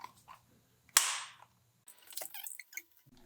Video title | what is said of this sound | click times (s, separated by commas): Yakima LockNLoad Platform Roof Rack Installation on a Subaru Crosstrek | and tighten it until it clicks. | 1.0 s